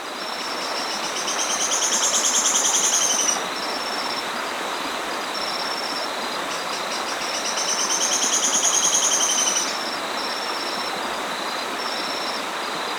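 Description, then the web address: Sharp-tailed streamcreeper song: two quick, high-pitched trilled phrases about six seconds apart, with a steady insect buzz and short regular insect pulses behind. Recorded in Ecuador. "Birds of Ecuador 2. Sharp-Tailed Streamcreeper"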